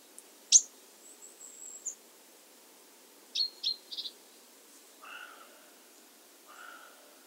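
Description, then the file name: Great tit calls: sharp high chips, then a cluster of short downward notes near the middle, followed by two lower, slightly buzzy notes toward the end, over faint background hiss. "Parus major"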